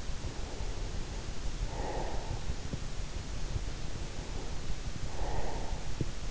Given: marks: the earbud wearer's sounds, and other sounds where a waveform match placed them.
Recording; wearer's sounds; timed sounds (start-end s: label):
sounds in sleep by an in-ear microphone; breath
0.04-2.77 s: breath
3.81-5.89 s: breath